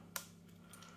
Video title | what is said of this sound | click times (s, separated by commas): [HOW TO] CYBERGUN Tactical AK Disassembly - For maintenance or repair | we go and it just clicks it out like that it's just a little click on cover | 0.2 s